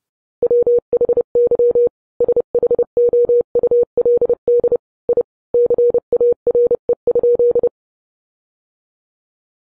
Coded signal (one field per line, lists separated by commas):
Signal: Morse code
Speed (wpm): 30 wpm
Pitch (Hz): 480 Hz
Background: none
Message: WHY SHOULD I CARE?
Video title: An Eastern Telegraph Company Primer: Answering the questions you didn't know you wanted to ask